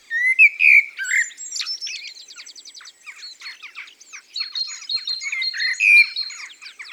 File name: Merle noir